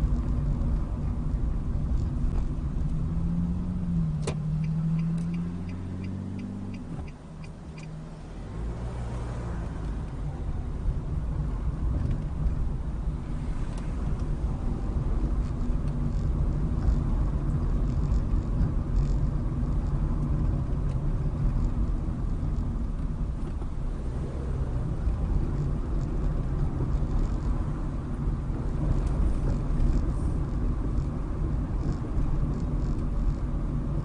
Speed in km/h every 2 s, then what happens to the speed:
18, 8, 0, 0, 13, 18, 21, 24, 26, 26, 23, 19, 27, 27, 29, 29, 29.
0-3 brakes to 0. 3-6 standing. 6-13 pulls away to 24. 13-19 steady at about 26. 19-22 slows to 19. 22-24 speeds up to 27. 24-34 steady at about 29.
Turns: 7-12.